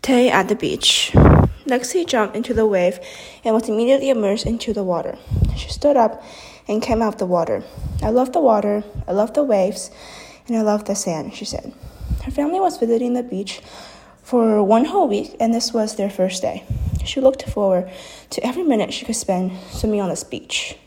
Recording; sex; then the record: reading aloud after running; female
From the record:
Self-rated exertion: vigorous exertion (4 of 6); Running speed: 6 miles an hour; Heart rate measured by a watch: 103 beats a minute at the start, 148 at the end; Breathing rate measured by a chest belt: 20 breaths a minute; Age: 18 years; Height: 171 cm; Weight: 75 kg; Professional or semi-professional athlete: no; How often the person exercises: 1 to 2 times a week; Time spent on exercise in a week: under 1 hour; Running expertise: no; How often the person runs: 1 to 2 times a week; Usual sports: running, fencing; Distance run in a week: 3 km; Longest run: 21.3 km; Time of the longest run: 190 minutes